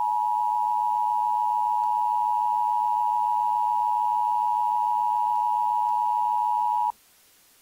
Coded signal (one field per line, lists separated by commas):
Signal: Emergency Alert System (SAME) tones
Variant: 853 and 960 Hz attention tone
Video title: EAS Scenario: And Then There Was Silence